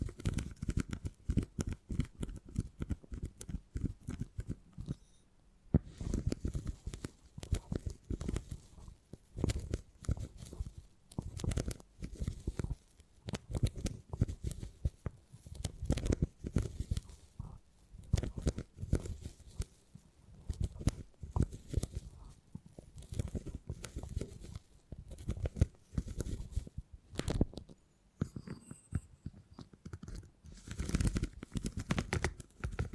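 Beeswax is pressed, rubbed and squeezed in a dense run of soft crackling, tacky taps and scratchy bursts. The sounds come fast and irregular, mostly low and muffled with sharper crisp edges, pausing briefly around 5 and 28 seconds before continuing.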